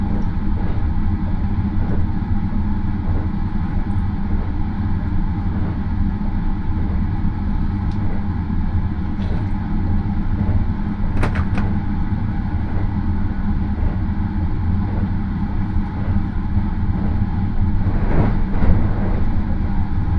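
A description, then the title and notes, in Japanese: Inside a rapid train, a steady low rumble runs throughout with a regular rhythmic beat, and brief sharp clatters near eleven and eighteen seconds. 予讃線 快速マリンライナー40号 高松→岡山。日も暮れてしまった。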